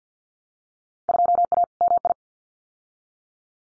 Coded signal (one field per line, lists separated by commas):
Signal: Morse code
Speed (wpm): 50 wpm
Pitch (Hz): 700 Hz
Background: none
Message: 2A MI